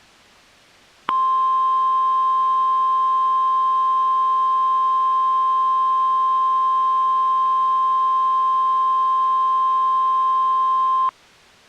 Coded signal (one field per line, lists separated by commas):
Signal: Emergency Alert System (SAME) tones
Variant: 1050 Hz attention tone